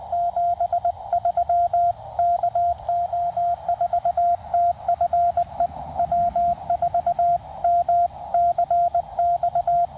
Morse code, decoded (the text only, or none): 73 KO4TFE W4MCX